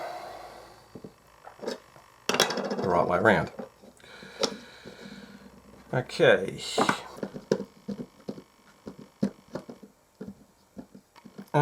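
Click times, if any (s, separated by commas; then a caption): none. While reassembling a KA-1809 Super Ear kit into its plastic project case, a screw is driven into the case and its thread strips out. Someone talks over a series of short taps and knocks, with no single hit marking the strip. Nothing seats or clicks into place; the screw has stripped.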